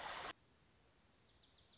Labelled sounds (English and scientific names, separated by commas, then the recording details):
Wilson's Warbler (Cardellina pusilla)
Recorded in Sonoma County, California